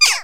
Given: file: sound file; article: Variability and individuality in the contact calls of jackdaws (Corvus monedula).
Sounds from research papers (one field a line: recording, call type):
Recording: jackdaw call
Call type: harmonic